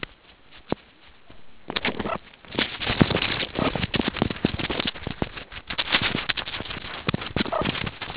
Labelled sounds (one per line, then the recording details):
meerkat close call
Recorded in the Kuruman River Reserve, South Africa
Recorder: an audio tag on a meerkat's collar